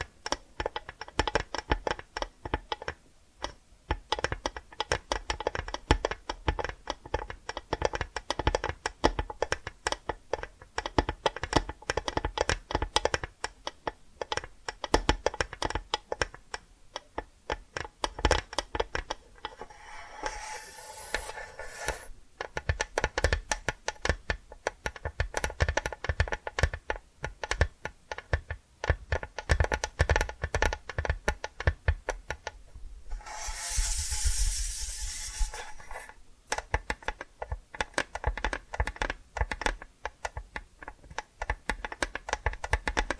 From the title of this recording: Hypnotic Tapping & Scratching Sounds